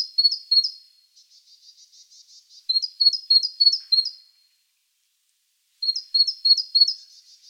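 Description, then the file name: Great tit repeating sharp two-note phrases in three bursts. A soft, buzzy chatter follows the first burst, and a quiet pause separates the last two. "Parus major"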